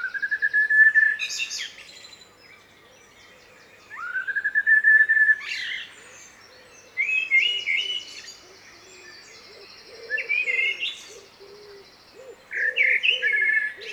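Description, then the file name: Common blackbird song: loud, fluty low phrases each ending in a squeaky high twitter, repeated with quiet gaps. "Turdus merula"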